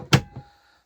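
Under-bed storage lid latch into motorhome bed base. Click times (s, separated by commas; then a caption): 0.1 s. The lifted under-bed storage lid of a 2017 Swift Escape 694 motorhome is lowered and pushed down onto the bed base until its push-button handle latch engages. A sharp, loud thunk with a click sounds at 0.1 s, followed by a much softer knock at about 0.4 s that fades into a faint hum. The latch clicks shut and the lid is seated.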